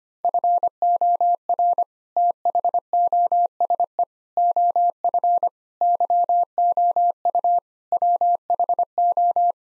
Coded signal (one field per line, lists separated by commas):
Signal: Morse code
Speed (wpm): 25 wpm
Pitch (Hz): 700 Hz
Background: none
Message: FOR THOSE OF YOU WHO